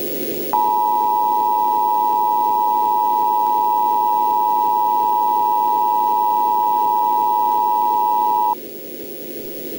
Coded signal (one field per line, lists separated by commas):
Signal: Emergency Alert System (SAME) tones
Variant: 853 and 960 Hz attention tone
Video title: EAS Scenario Tornado Alley’s Secret